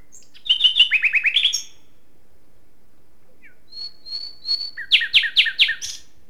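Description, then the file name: Common nightingale singing two phrases: a fast run of repeated sharp notes dropping in pitch, then soft whistles leading into loud repeated chuckling notes. "Luscinia megarhynchos"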